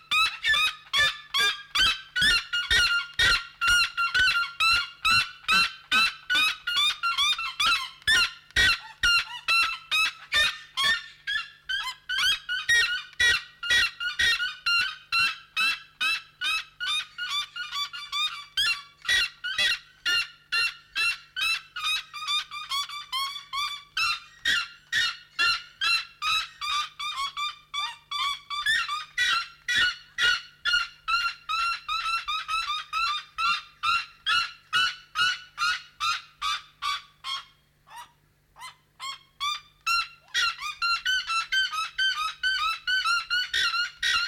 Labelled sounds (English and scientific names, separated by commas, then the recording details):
Red-legged Seriema (Cariama cristata) call
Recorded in captivity
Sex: male
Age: adult
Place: Zoo Berlin, Berlin, DE
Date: 1993-10-16 11:17
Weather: heiter, 6-10°C
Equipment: Marantz CP 430, Sennheiser MKH 416 T, Kopie Uher Variocord 263
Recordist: Tembrock, Günter